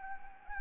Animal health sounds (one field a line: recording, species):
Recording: mosquito wingbeat signal from an infrared sensor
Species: Anopheles arabiensis